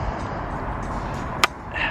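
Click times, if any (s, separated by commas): 1.4 s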